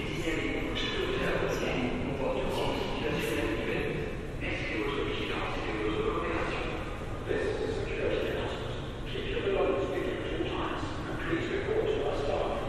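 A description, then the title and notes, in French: Paris metro sound: a steady rumble and rattle runs throughout, with bursts of overlapping voices, mostly male, talking over it. The din stays dense and even, with brief brighter squeaks and clatters cropping up every second or two. Métro parisien.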